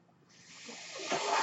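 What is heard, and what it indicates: A steadily rising airy hiss builds over about a second, the sound of a personal mechanical ventilator delivering a breath.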